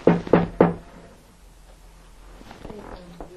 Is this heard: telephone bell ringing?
no